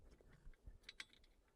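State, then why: Seated. A small track mounting clip is slid into a hole in an aluminium roof-rail track on a roof rack. It engages with two short, sharp clicks at 0.9 s and 1.0 s, followed by a fainter tick at 1.1 s. The clip is seated.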